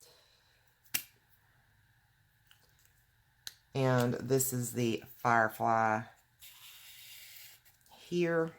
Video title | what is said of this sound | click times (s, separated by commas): Alcohol Markers, Which should I buy? Comparing my markers | I know it irritates some people that when they're hard to open I'm like oh yeah that's got a good seal hear that snap and | 0.9 s